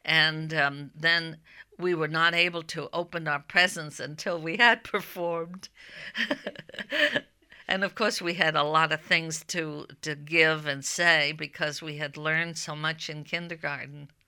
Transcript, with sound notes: Then we were not able to open our presents until we had performed. ( she laughs ) And, of course, we had a lot of things to give and say because we had learned so much in kindergarten.